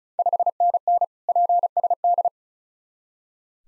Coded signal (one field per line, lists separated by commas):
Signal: Morse code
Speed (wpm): 36 wpm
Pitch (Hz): 700 Hz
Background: none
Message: 5NN PSD